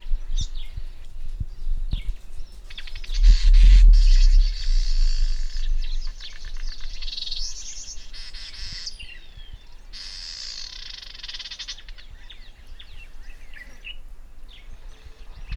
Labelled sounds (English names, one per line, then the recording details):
Vitelline Masked-Weaver
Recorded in northern Uganda